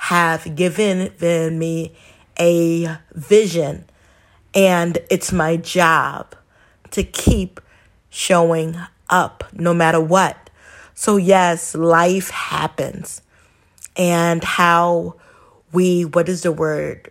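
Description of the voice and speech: A woman speaks in short bursts broken by frequent pauses, with stretched sounds such as a drawn-out 'a' before 'vision' and a prolonged 'and', plus a word-finding break. The halting, prolonged onsets fit stuttering, which she has and which makes her stumble on words.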